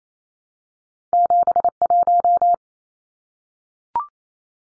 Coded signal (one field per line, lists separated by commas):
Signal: Morse code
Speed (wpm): 28 wpm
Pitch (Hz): 700 Hz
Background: none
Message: 71